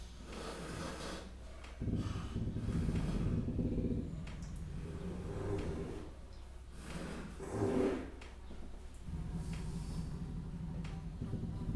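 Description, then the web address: Leopard snorting: soft, rough exhalations and low breathy rumbles rise and fade over several seconds, with a brief sharper puff near eight seconds over a low background hum. Captive leopards in a zoo in Jászberény, Hungary, 2015, chuffing and growling. "jaszberenyizoo 2015 professzionalis leopard"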